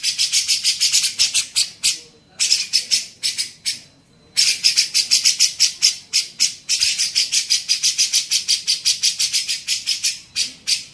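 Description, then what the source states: Grey-cheeked bulbul giving rapid harsh chatter, dense buzzy pulses in long runs broken by two short silences. Used for training songbirds (masteran).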